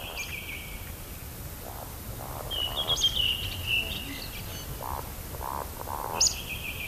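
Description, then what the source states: Eurasian woodcock roding calls: thin, sharp squeaky notes mixed with low croaking grunts, in a quiet, faintly hissing night. 19 May around 23:00 on a May night in Kainuu; directional microphones set along flight path; bird flies past quite close, disappears into hill landscape.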